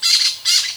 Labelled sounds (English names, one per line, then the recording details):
Brown-throated Parakeet contact call
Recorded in Venezuela
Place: Guárico; Corozopando; Fundo La Fe
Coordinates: 8.506, -67.593